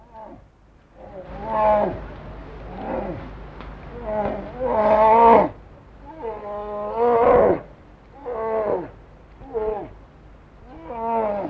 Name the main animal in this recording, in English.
Brown Bear